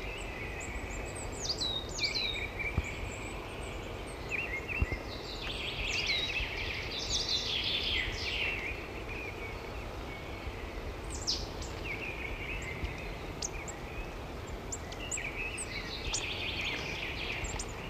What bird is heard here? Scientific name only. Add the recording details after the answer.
Periparus ater. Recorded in the wild. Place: Wegfurt, DE. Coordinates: 50.3958, 10.0869. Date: 1964-04-03. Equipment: Uher Report 4000, AKG D190. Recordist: Krey, Winfried